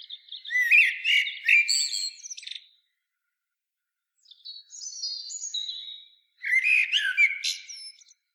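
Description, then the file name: Common blackbird song: a mellow warbled phrase ending in scratchy twitters, a thinner high strophe, then another rich fluted phrase starting. "Turdus merula"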